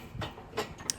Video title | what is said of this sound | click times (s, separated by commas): How to put a scaffold tower together | So, I think we've got one clipped in there, and the second one just needs clipping in there. | 0.9 s